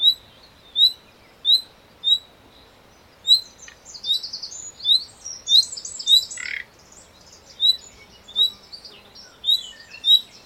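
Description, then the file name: Common nightingale repeating clear high whistled notes at uneven intervals, broken by a burst of scratchy chatter and a single croaking rasp. "Luscinia megarhynchos"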